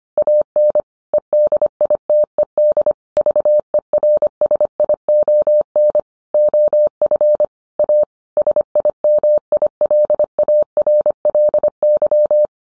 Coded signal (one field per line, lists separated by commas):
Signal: Morse code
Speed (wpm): 25 wpm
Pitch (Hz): 600 Hz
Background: none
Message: AN EDITED VERSION OF A SIMILARLY